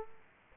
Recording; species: mosquito wingbeat signal from an infrared sensor; Aedes aegypti